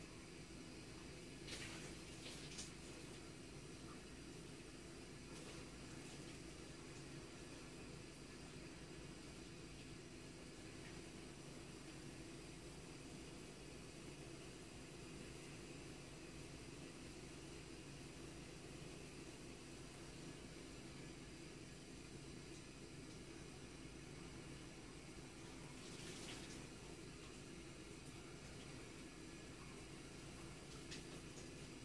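Shower sounds from a distance make a steady, low rushing drone, broken by a few brief bright scrapes near the start and around 26 seconds.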